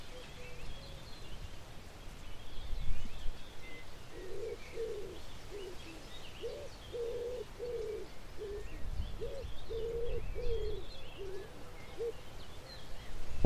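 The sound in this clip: Common wood pigeon cooing, soft low hooting phrases repeated in rhythmic groups, over a steady low rumble with faint chirps of other birds.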